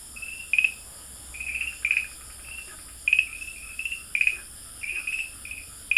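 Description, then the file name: Farmland green tree frog calling: brief, bright chirping notes in clusters. Recorded at Dalin, 30 May 2009. "090530 dalin farmland treefrog"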